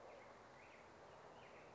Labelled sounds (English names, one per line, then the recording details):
Black-headed Grosbeak
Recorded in Sonoma County, California